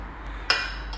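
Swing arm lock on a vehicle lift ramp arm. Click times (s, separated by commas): 0.5 s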